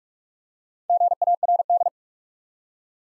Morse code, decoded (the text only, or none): GARD